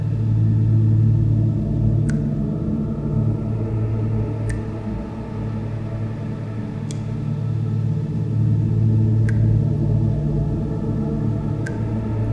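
A room tone built on a steady low hum and rumble, dense and constant with only slight swells in level. Faint thin clicks or ticks sound roughly every two and a half seconds, about five of them across the stretch.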